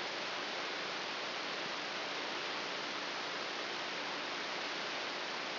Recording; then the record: brain microelectrode recording played as sound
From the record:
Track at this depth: inside the subthalamic nucleus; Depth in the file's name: 2.404 mm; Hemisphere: right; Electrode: 3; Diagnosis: Parkinson's disease